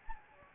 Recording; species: mosquito wingbeat signal from an infrared sensor; Anopheles gambiae